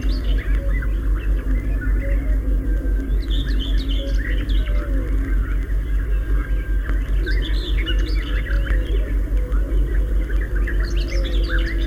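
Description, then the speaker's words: Common Whitethroat song, a quick chattering warble given in several scratchy bursts, with steady low-frequency hum and background hiss throughout. Hurried, twittering song delivered in flight; the bird rises into the air fluttering its wings, then hides in the bushes again when the trill ends. "Это поет серая Славка. Слышите, какая у нее торопливая и щебечущая песенка. Птичка поет ее на лету."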